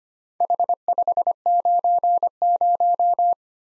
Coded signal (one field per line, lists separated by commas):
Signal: Morse code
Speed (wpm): 25 wpm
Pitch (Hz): 700 Hz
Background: none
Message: H590